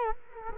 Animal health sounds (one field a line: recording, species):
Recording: mosquito wingbeat signal from an infrared sensor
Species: Culex quinquefasciatus